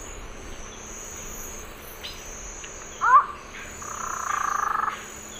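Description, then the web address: Castelnau's antshrike giving a short sharp note, then a buzzy, held call lasting about a second, over steady high insect buzzing and a low hum. Calls, eastern lowlands of South America. "Natures Songs S America Eastern Lowlands. Thamnophilus cryptoleucus, calls"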